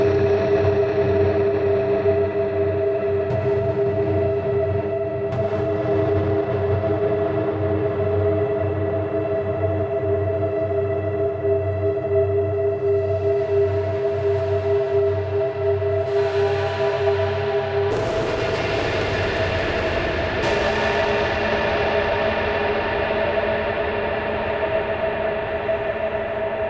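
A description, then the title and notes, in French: An overturned bass drum is rubbed, producing a dense, sustained drone with a strong steady hum and ringing tones layered over synthetic pads. Loudness stays even throughout; around 18 seconds the texture shifts abruptly, adding a brighter, scraping layer that persists to the end. Frottements d'une grosse caisse renversée, nappes synthétiques et spacialisation sonore.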